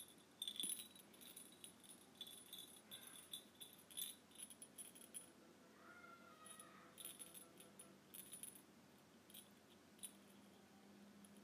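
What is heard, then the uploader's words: A tiny bell jingles in quick, irregular shakes, its thin, bright ring flaring over and over through the clip, busiest in the first half and again near the end. A soft low rumble and faint noise sit underneath. ASMR Tiny Bell.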